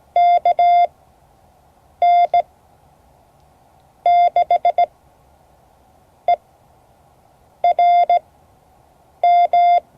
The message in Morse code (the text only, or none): KN6ERM